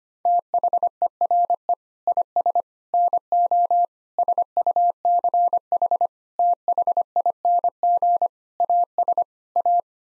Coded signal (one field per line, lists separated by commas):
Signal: Morse code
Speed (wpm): 25 wpm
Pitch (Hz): 700 Hz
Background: none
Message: THERE IS NO SUCH THING AS A